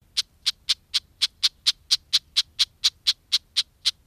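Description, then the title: Red-backed Shrike giving a rapid, even series of sharp, dry ticking calls, continuing steadily throughout with no other clear sounds. "Viikon luontoääni: Pikkulepinkäinen"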